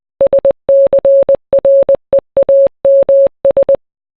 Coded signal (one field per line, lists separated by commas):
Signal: Morse code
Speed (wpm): 20 wpm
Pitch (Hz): 550 Hz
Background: none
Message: SCREAMS